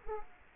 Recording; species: mosquito wingbeat signal from an infrared sensor; Culex quinquefasciatus